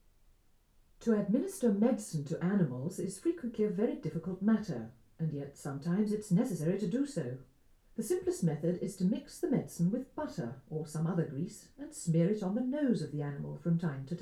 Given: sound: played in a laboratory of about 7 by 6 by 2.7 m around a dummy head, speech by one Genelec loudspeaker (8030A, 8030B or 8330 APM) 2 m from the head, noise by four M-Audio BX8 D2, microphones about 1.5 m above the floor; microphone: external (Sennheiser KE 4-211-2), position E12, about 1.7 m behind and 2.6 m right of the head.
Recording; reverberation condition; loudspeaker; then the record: female speech in English; low; 120 degrees to the right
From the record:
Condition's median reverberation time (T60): about 310 ms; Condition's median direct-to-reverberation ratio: about 3.5 dB